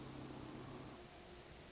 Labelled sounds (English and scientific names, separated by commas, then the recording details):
Hermit Thrush (Catharus guttatus)
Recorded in Sonoma County, California